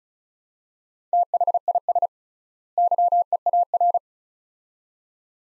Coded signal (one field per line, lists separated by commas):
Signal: Morse code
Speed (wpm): 34 wpm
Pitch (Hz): 700 Hz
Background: none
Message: THIS YEAR